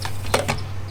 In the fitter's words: that locks the rear triangle in